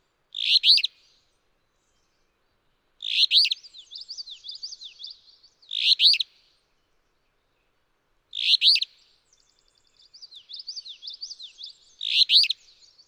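Alder flycatcher song, a short burry two-part phrase repeated about every three seconds, five times, with a fainter high twittering series between some of the phrases.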